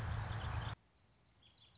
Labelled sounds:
Red-winged Blackbird
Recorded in Sonoma County, California

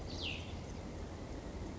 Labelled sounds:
Cassin's Vireo
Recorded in Sonoma County, California

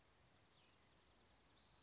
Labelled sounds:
Cassin's Vireo
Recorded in Sonoma County, California

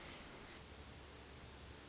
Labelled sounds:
Pacific Wren
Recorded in Sonoma County, California

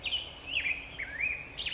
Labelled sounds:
Black-headed Grosbeak
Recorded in Sonoma County, California

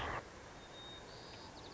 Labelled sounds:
White-crowned Sparrow
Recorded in Sonoma County, California

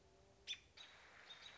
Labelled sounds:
American Robin
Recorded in Sonoma County, California

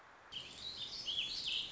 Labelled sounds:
Warbling Vireo
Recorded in Sonoma County, California

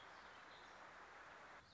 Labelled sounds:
Warbling Vireo
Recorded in Sonoma County, California

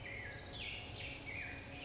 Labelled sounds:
Black-headed Grosbeak
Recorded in Sonoma County, California

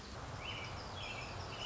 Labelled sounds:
American Robin
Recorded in Sonoma County, California

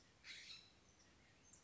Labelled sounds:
California Scrub-Jay
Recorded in Sonoma County, California

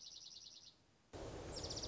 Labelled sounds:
Dark-eyed Junco
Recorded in Sonoma County, California

